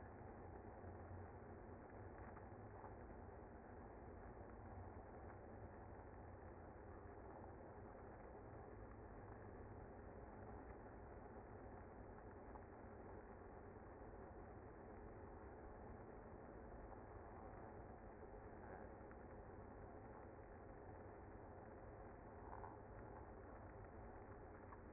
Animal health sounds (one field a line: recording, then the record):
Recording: honeybee colony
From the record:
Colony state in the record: active